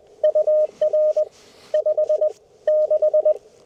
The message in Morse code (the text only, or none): UR 56